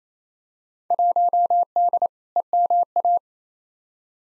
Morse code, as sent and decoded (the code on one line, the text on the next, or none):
.---- -.. / . -- .-
1D EMA